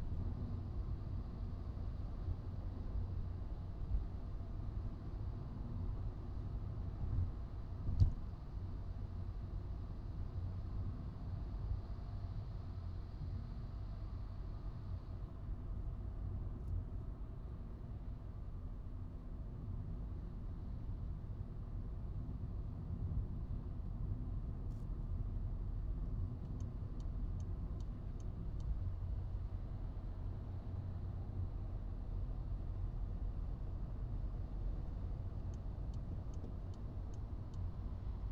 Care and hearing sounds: everyday scene through a hearing-aid microphone; in a vehicle; engine, traffic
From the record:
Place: Skoda Fabia, gasoline engine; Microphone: in the ear canal, right

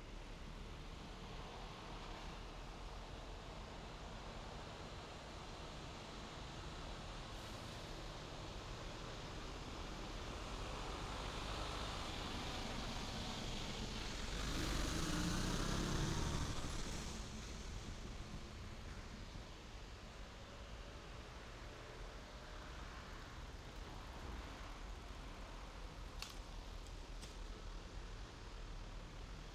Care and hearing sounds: everyday scene through a hearing-aid microphone; in traffic; traffic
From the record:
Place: main road on the outskirts, rush hour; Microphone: in the ear canal, left

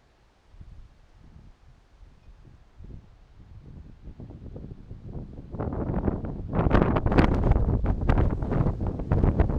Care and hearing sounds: everyday scene through a hearing-aid microphone; wind on the microphone; squally wind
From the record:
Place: parking lot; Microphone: in the ear canal, right

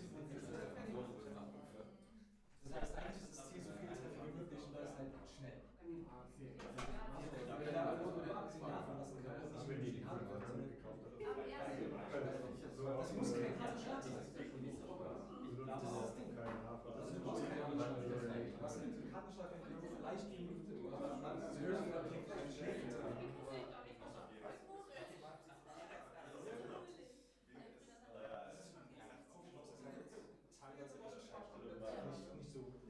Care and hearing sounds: everyday scene through a hearing-aid microphone; many people talking; many voices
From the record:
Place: bistro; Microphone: behind the ear, left, front

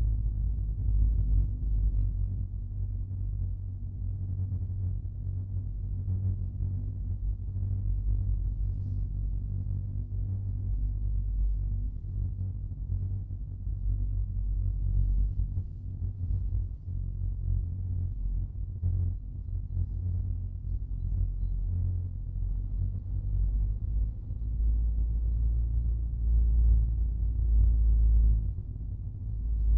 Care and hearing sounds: everyday scene through a hearing-aid microphone; in a vehicle; engine, rumble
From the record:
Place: Skoda Fabia, gasoline engine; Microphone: in the ear canal, right

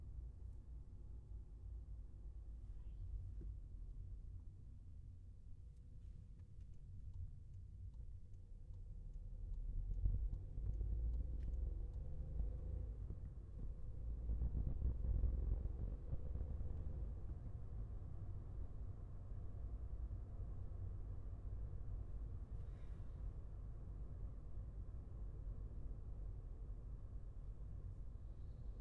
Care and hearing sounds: everyday scene through a hearing-aid microphone; in a vehicle; engine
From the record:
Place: Skoda Fabia, gasoline engine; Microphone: behind the ear, left, rear

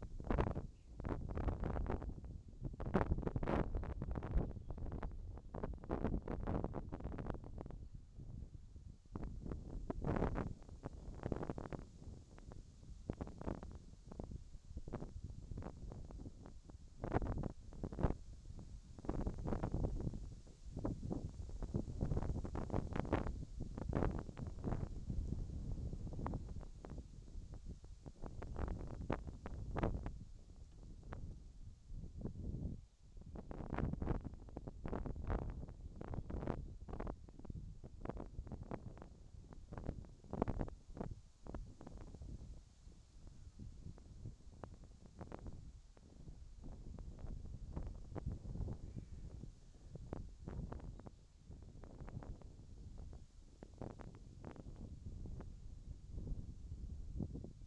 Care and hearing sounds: everyday scene through a hearing-aid microphone; wind on the microphone; wind, whistling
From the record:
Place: in front of a rural house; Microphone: in the ear canal, left

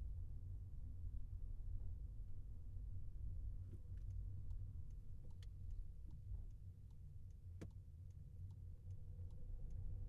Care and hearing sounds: everyday scene through a hearing-aid microphone; in a vehicle; engine, highway traffic jam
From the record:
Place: Skoda Fabia, gasoline engine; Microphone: behind the ear, left, front

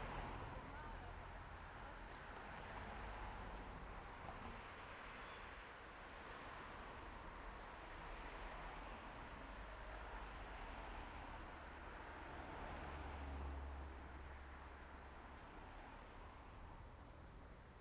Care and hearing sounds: everyday scene through a hearing-aid microphone; in traffic; traffic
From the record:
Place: main road on the outskirts, rush hour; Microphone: behind the ear, left, front

